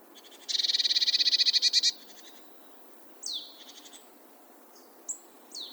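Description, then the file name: Eurasian blue tit giving a loud buzzy churr of rapid pulses lasting over a second, then several thin, high downslurred notes. "Cyanistes caeruleus"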